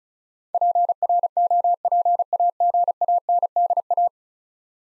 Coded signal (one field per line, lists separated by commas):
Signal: Morse code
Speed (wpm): 36 wpm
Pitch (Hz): 700 Hz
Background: none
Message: PROPAGANDA